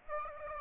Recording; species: mosquito wingbeat signal from an infrared sensor; Aedes aegypti